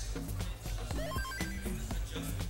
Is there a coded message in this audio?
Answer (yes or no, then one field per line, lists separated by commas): no